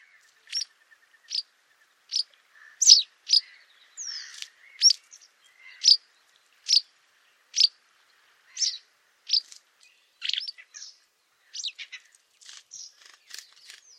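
White wagtail calls: sharp, high clipped notes repeated steadily, some doubled, against a quiet background with a faint hum in the first half.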